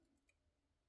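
A desktop RAM stick is being handled at its motherboard DIMM slot, being pushed in toward the point where the second retention clip snaps shut. Only faint, light handling ticks are heard over a low steady background hum. Nothing has seated or clicked yet.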